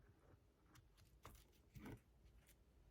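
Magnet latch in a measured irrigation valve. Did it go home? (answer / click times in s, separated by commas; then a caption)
no / none. A magnet-operated valve in a terracotta pot irrigation system is worked by hand to show how it opens, but the magnet latch does not snap over. Faint handling and rubbing sounds are heard, with brief sharp knocks near 1.3 s and 1.9 s, and someone talks. Nothing has clicked yet.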